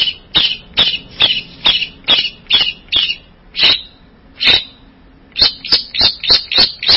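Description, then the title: Bird calls, sharp high chips repeated steadily about twice a second, a brief pause, then a faster run of chips. "burung online"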